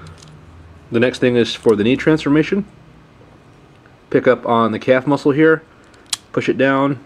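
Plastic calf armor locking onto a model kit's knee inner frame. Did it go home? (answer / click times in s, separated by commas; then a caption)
no / none. Someone talks while handling the plastic calf armor of a model kit's leg, picking it up and pushing it down toward the clear orange knee inner frame for the knee transformation, with faint small taps from the plastic. The clip ends before the frame locks, so nothing has seated or clicked yet.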